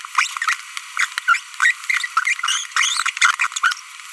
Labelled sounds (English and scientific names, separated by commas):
Green-rumped Parrotlet (Forpus passerinus) babbling